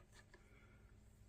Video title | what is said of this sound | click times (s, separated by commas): Waterpik Unboxing: | So we put it in until it clicks. | 0.3 s